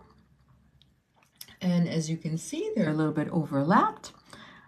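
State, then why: Not seated. The two ends of a metal jump ring on an earring are brought together with pliers so they overlap slightly, with a few faint handling ticks in the first 1.5 seconds. Someone then talks for the rest of the clip. The ring is only being handled and lined up; nothing has seated or clicked yet.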